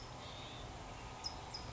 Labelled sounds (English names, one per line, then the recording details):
California Towhee
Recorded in Sonoma County, California